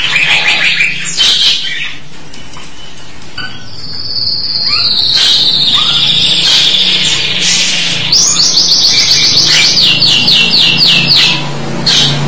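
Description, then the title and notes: Starling song: scratchy notes give way to a long thin whistle, then a fast series of repeated notes. "suara burung jalak"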